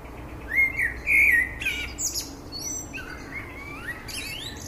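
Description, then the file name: Common blackbird: a loud flute-like warble, a quick high twittering flourish, then quieter rising and falling whistled notes. "Turdus merula"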